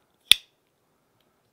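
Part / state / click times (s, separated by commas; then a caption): folding knife blade into its lock / seated / 0.3 s. A folding knife blade is opened again and its lock snaps into place with one loud, sharp, bright click at 0.3 s that dies away within about a tenth of a second. Silence follows apart from a very faint tick at 1.2 s. The blade is locked in place.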